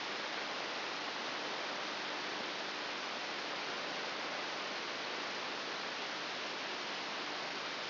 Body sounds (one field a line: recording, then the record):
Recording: brain microelectrode recording played as sound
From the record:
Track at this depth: inside the subthalamic nucleus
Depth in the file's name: 4.202 mm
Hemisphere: right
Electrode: 3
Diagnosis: Parkinson's disease